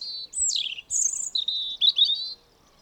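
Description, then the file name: European robin song, a short high phrase of a downslurred whistle, a sharp thin note, then wavering warbled notes, all clear against quiet background. "Erithacus rubecula"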